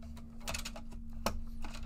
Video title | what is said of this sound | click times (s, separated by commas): A - Z Fold! | make sure it's snapped into place in it is okay | 1.3 s